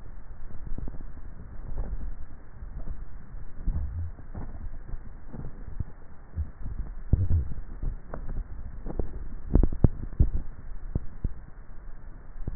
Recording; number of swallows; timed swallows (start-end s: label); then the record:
swallowing sounds by neck microphone; 3
0.52-2.09 s: swallow
2.66-3.72 s: swallow
8.19-9.29 s: swallow
From the record:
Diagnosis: dysphagia